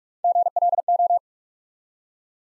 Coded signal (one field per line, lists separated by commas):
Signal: Morse code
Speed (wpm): 48 wpm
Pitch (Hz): 700 Hz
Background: none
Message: GLO